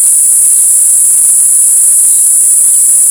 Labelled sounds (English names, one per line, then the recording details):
none
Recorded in forest near Pivijay, Magdalena, Colombia, on 14 April 2023 at 17:00
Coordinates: 10.467, -74.380
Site Z5-G034